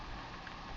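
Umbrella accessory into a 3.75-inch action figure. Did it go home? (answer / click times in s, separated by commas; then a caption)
no / none. An umbrella accessory is handled against its spot on a small plastic 3.75-inch action figure, over steady broadband background noise with a brief soft tick near 0.5 s. Nothing has seated or clicked yet; the part is not yet home.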